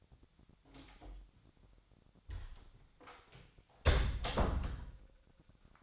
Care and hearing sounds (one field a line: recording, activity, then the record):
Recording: daily activity, microphone in the room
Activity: close door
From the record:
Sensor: 3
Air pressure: 1007.2 hPa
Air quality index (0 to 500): 200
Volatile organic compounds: 16 ppm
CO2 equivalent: 2556 ppm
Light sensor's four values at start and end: 12/29/12/12 and 12/28/12/12